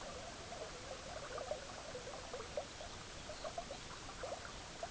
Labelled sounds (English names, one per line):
Lapland Longspur